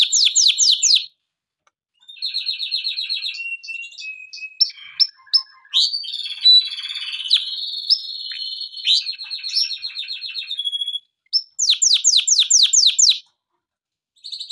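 Canary song opening with rapid sweeping notes, then rolled trills, flat whistles and chirps, closing with fast downward-sweeping phrases after a short pause.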